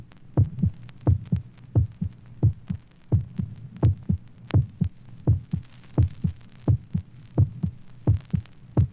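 Steady, deep paired thumps, a lub-dub heartbeat at about 86 beats a minute with an even rhythm and a faint low hum underneath.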